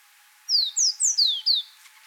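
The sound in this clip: Yemen serin: a single rapid phrase of five high, clear, downward-sliding notes, bright and evenly spaced.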